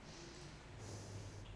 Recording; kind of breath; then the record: one breath in and out by a microphone near the nose and mouth; normal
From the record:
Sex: female